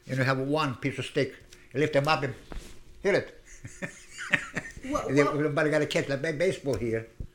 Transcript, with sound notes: And they have one piece of stick. Lift them up and hit it. ( he laughs ) Nobody got to catch the baseball here.